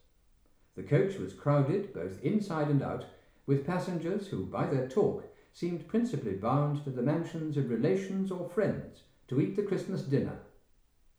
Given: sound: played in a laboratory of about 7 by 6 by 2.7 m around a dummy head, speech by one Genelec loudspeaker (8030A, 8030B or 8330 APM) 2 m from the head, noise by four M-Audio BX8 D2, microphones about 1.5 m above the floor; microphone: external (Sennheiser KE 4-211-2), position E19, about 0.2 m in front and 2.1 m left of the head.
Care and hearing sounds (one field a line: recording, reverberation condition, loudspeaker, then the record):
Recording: male speech in English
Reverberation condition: medium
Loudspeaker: 60 degrees to the left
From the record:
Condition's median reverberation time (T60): about 510 ms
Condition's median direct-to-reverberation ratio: about -0.5 dB